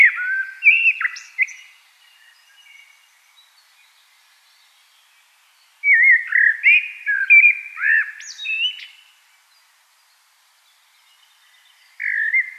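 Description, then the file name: Common blackbird song: the end of one warbled phrase, a full phrase with a high squeaky tail, then the start of another. "Turdus merula"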